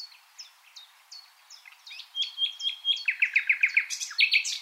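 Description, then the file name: Common nightingale song: soft scattered notes build into a fast series of loud, evenly spaced notes. "Luscinia megarhynchos"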